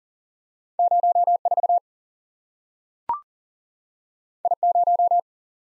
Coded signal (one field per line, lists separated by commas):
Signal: Morse code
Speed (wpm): 42 wpm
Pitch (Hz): 700 Hz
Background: none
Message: 0 4 I 0